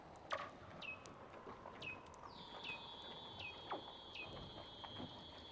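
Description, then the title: Weddell seal underwater calls: repeated short downward chirps plus a steady high tone, over crackling background. "Douglas Quin - Weddell Seals (Underwater)"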